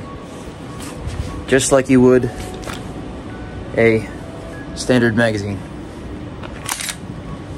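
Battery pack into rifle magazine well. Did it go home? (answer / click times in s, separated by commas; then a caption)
yes / 6.7 s. A training-system battery pack is inserted into a rifle's magazine well like a standard magazine while someone talks. It clicks home at 6.7 s, seating in the magazine well, with a brief bright high-pitched digital sound right after.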